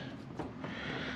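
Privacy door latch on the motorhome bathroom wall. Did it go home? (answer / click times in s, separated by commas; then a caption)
yes / 0.6 s. A privacy door between the bathroom and bedroom of a 2014 Thor Axis 24.1 mini Class A motorhome is swung closed, and its latch on the bathroom wall locks into place. A sharp latch click sounds at 0.6 seconds over a steady low background, and the door ends up latched shut.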